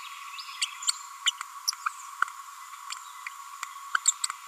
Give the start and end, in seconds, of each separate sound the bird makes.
0.61-0.65, 0.88-0.91, 1.26-1.31, 4.05-4.07, 4.23-4.26